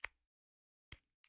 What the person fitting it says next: Yeah. It's a little click.